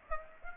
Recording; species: mosquito wingbeat signal from an infrared sensor; Aedes aegypti